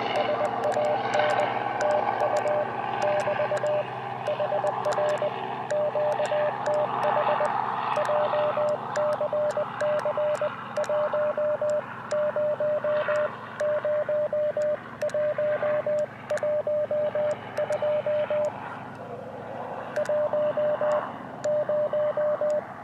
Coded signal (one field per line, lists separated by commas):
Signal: Morse code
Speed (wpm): 20 wpm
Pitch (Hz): 600 Hz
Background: radio noise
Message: SAN TU <BT> HR QTH JCC10 0112 10